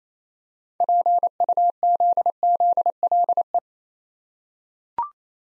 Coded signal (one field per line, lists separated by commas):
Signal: Morse code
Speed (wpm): 27 wpm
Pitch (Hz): 700 Hz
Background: none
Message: PUZZLE